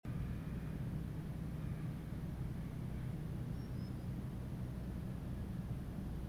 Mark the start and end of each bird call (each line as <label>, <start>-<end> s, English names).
Common Sandpiper, 3.54-4.07 s